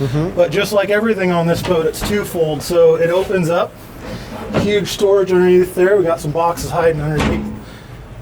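Someone talks throughout while the hinged, twofold lid of a large storage compartment on a 2020 Stabicraft 500 aluminum boat is opened up and handled, with faint handling noise beneath the voice. The lid has not yet been pushed over to latch, and nothing has clicked into place yet.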